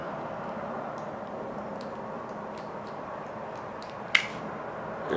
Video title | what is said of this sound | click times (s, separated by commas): ROCK REY BUILD PART 4 | snapped right in place all | 4.1 s